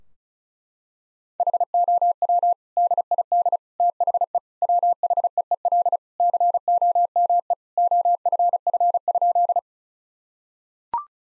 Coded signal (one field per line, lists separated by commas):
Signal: Morse code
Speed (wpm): 34 wpm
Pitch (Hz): 700 Hz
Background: none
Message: HOW DID THE WHEEL COME OFF?